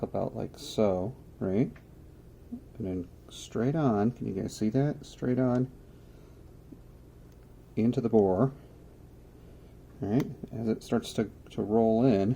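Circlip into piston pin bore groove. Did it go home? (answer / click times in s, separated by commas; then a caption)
no / none. A steel circlip is held straight on to a piston pin bore to line it up before it is started into its groove and shoved home. Someone talks in bursts with quiet pauses between, and no distinct metallic sounds stand out. Nothing has seated or clicked yet.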